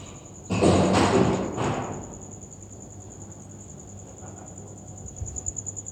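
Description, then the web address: Cricket trill, high and rapidly pulsed throughout, with a loud thump and rustling near the start and a few soft knocks later. "muhammad 384. Crickets"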